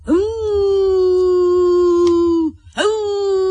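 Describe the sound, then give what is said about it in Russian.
A child's voice under a table imitates a wolf howl: a long, steady, fairly high-pitched wail that rises, holds, and drops off, then a second howl begins right after. No other talking. “Да ты только послушай, как она воет.”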